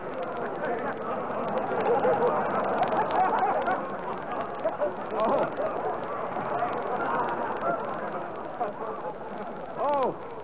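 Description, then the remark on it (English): A flock of ducks, just shot at by a hunter in a Jack Benny program, quacks in a dense, overlapping clamor that holds steady for about ten seconds, with a few sharper individual quacks standing out near the end. “Jeepers, he shot a flock of ducks.”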